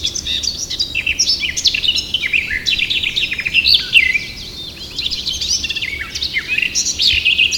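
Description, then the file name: Eurasian blackcap song, continuous scratchy warbling chatter with quick high notes, briefly quieter near the middle, then resuming. "Sylvia atricapilla"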